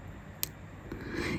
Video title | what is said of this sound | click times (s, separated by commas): Making With Softflex CAW Kit So Charming | You hear that little click? That's what you want. You want a little click when your jump rings close. | 0.4 s